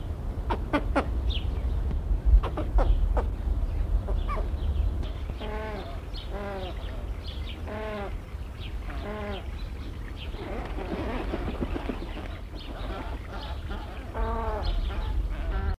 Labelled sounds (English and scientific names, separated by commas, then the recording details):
American White Ibis (Eudocimus albus) call
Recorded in captivity
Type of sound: call
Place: Zoo Hannover, Niedersachsen, DE
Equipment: Halbspur, 9,5 cm/s
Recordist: Lütgens, Hans
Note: Rufe